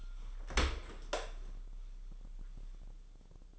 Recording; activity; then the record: daily activity, microphone in the room; open dishwasher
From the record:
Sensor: 5